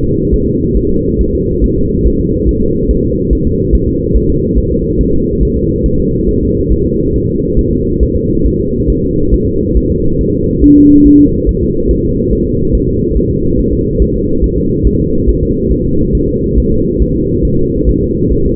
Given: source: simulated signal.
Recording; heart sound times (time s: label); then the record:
fetal heart sounds
0.04 s: S2
0.34 s: S1
0.48 s: S2
0.77 s: S1
0.91 s: S2
1.21 s: S1
1.35 s: S2
1.64 s: S1
1.78 s: S2
2.07 s: S1
2.20 s: S2
2.49 s: S1
2.63 s: S2
2.91 s: S1
3.05 s: S2
3.33 s: S1
3.47 s: S2
3.75 s: S1
3.89 s: S2
4.16 s: S1
4.30 s: S2
4.58 s: S1
4.72 s: S2
5.01 s: S1
5.15 s: S2
5.43 s: S1
5.57 s: S2
5.86 s: S1
6.00 s: S2
6.29 s: S1
6.43 s: S2
6.72 s: S1
6.86 s: S2
7.16 s: S1
7.30 s: S2
7.59 s: S1
7.73 s: S2
8.03 s: S1
8.17 s: S2
8.46 s: S1
8.60 s: S2
8.90 s: S1
9.04 s: S2
9.34 s: S1
9.48 s: S2
9.77 s: S1
9.91 s: S2
10.21 s: S1
10.35 s: S2
10.64 s: S1
10.78 s: S2
11.07 s: S1
11.20 s: S2
11.49 s: S1
11.63 s: S2
11.91 s: S1
12.05 s: S2
12.33 s: S1
12.47 s: S2
12.75 s: S1
12.89 s: S2
13.17 s: S1
13.31 s: S2
13.59 s: S1
13.73 s: S2
14.02 s: S1
14.16 s: S2
14.44 s: S1
14.58 s: S2
14.87 s: S1
15.01 s: S2
15.29 s: S1
15.43 s: S2
15.72 s: S1
15.86 s: S2
16.15 s: S1
16.29 s: S2
16.58 s: S1
16.72 s: S2
17.02 s: S1
17.16 s: S2
17.45 s: S1
17.59 s: S2
17.89 s: S1
18.03 s: S2
18.32 s: S1
18.46 s: S2
From the record:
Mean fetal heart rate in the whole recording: 140 bpm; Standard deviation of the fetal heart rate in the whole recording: 2 bpm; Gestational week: 34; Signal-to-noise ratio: -15.3 dB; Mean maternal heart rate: 72 bpm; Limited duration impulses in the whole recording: present